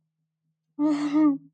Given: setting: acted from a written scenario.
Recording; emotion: vocal sound without words; romantic love